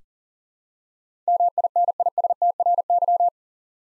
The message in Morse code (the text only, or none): MINISTRY